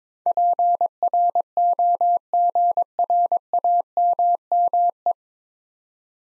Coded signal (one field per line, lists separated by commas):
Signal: Morse code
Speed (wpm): 22 wpm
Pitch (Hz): 700 Hz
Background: none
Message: PROGRAMME